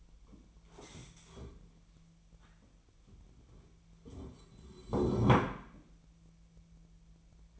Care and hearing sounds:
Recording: daily activity, microphone in the room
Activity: stand up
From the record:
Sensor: 1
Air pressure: 1001.7 hPa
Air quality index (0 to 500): 247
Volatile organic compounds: 118 ppm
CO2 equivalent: 3866 ppm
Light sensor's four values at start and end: 12/29/12/13 and 15/36/15/17

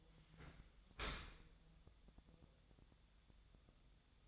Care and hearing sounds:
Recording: daily activity, microphone in the room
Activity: open dishwasher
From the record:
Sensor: 3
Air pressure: 1004.8 hPa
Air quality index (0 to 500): 98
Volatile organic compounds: 3 ppm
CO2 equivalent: 1512 ppm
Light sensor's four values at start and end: 7/17/7/7 and 7/17/7/7

